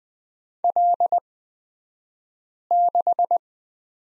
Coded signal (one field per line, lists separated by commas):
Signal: Morse code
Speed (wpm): 20 wpm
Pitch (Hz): 700 Hz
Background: none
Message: L6